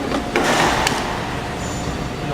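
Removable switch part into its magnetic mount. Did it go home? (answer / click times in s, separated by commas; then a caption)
yes / 0.4 s, 0.9 s. A removable switch part is pushed back into its magnetic mount and clicks into place, with sharp clicks at 0.4 s and 0.9 s over a steady background hum. It seats solidly, held by the magnets.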